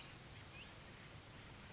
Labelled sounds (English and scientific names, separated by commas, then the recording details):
Oak Titmouse (Baeolophus inornatus)
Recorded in Sonoma County, California